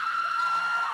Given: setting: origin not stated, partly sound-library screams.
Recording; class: one-second piece from a danger detection set; woman in danger